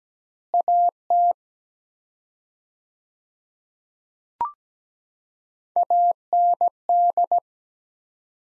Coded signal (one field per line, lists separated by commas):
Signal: Morse code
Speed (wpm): 17 wpm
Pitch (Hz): 700 Hz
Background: none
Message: AT AND